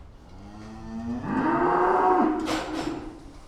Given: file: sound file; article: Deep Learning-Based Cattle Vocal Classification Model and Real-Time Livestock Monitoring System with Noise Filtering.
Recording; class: cattle; food anticipating call